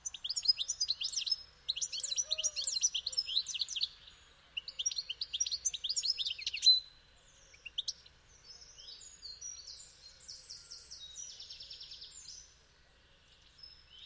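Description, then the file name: European goldfinch twittering song, a rapid liquid jumble of tinkling chirps for about seven seconds, then softer buzzy trilled phrases. "Carduelis carduelis"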